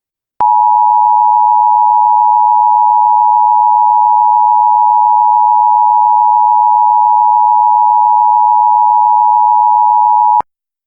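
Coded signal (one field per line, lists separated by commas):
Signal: Emergency Alert System (SAME) tones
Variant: 853 and 960 Hz attention tone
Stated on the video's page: Fictional EAS scenario about SCP creatures in Milwaukee, made with Movie Maker; simulated alert tones.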